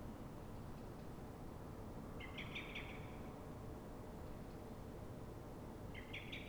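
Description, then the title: Common blackbird giving two harsh, stuttering chatter bursts a few seconds apart over a steady low rumble of background noise. Dawn, Fuenlabrada, Madrid, Spain; same bird recorded twenty minutes after earlier calls, now frightened or threatened, probably by another blackbird; Zoom H1n recorder. "Pl. de Francisco Escolar, 10, 28944 Fuenlabrada, Madrid, España - Mirlo asustado"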